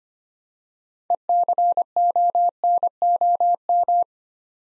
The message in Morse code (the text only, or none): ECONOM